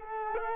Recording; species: mosquito wingbeat signal from an infrared sensor; Culex quinquefasciatus